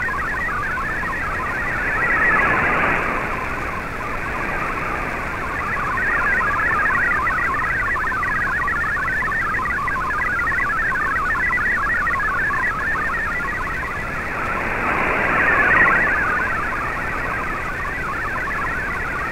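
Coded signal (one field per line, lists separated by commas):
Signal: multi-tone FSK (Olivia or MFSK type)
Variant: MFSK32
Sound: rapid warbling string of hopping tones over hiss, slowly fading in and out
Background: radio static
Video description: here is my decode of the Shortwave Radiogram broadcast today on 15770Khz shortwave radio at 1300UTC in MFSK32 and 64 and with 10 SSTV images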